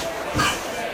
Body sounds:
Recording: coughing mixed with background sound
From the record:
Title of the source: Spring Cold Coughing 2

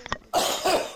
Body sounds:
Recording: coughing mixed with background sound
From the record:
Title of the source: Spring Allergy Coughing

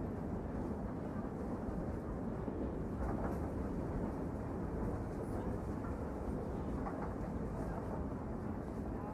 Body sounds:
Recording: background sound without coughing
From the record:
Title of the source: Train Ride Ambience ambient white noise for sleeping, focus, studying, reading

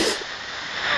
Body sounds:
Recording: coughing mixed with background sound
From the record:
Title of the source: 55 gaggy wet cough

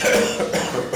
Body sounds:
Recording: coughing mixed with background sound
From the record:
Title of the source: Wet Throat Infection Cough

